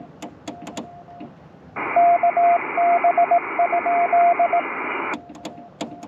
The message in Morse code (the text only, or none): KB?